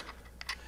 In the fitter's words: you can just use the camera plate and it clicks right in